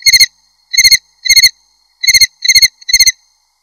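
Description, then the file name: Cricket call of several loud, pulsed chirps at an uneven pace, with short silences between. "jangkrik"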